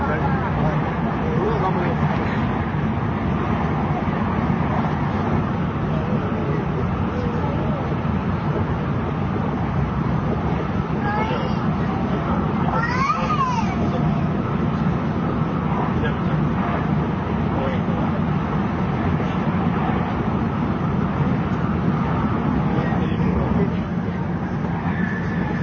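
Inside a JR 700 series Shinkansen between Kyoto and Shin-Yokohama, a steady low rumble with murmured voices and a brief rising whine around thirteen seconds.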